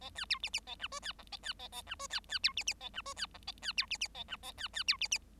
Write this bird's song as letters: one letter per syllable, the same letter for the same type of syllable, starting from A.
A B C D D A E F B G A B A A E F B B C D D A E F B G A B C D D A E A B B C D D